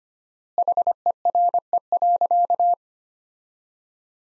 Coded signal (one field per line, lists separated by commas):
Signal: Morse code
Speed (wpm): 25 wpm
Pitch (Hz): 700 Hz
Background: none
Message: HERE.